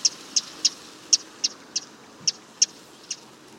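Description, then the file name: Eurasian wren calls: a series of about nine sharp, high ticks at uneven intervals over a few seconds, against faint steady background hiss. "Troglodytes troglodytes"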